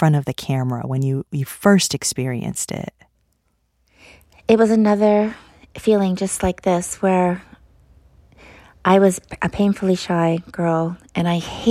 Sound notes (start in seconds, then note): none